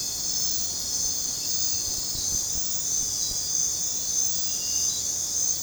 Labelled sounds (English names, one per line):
none